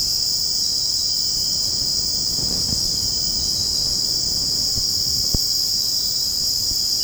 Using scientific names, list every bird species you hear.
none